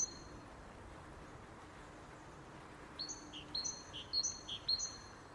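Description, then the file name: Great tit song: a brief high note at the start, then from about three seconds a run of quick two-note phrases, high then lower, repeated about twice a second over faint background hiss. "Parus major"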